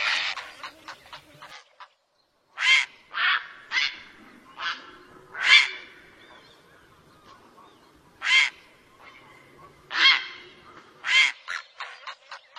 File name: Canto do garca azul grande